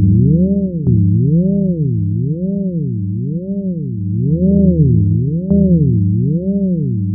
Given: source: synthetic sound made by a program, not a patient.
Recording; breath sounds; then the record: synthetic breath sounds; wheeze and crackles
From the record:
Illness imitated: COPD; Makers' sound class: wheeze and crackles